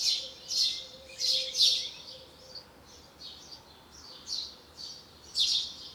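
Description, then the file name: House sparrow calling with loud grating chirps at the start, softer ones in the middle, then a final strong chirp near the end. "Passer domesticus"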